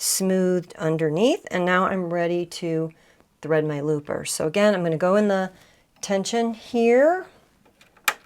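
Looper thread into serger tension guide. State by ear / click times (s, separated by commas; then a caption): seated / 8.1 s. Someone talks while threading the lower loopers of a serger, then pulls the looper thread into the metal/plastic tension guide. A few faint ticks lead up to a sharp snap at 8.1 s as the thread seats in the guide.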